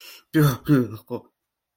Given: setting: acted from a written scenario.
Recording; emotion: vocal sound without words; disgust